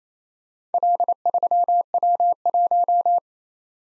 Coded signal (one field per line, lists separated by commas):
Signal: Morse code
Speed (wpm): 29 wpm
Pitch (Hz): 700 Hz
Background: none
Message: L3W1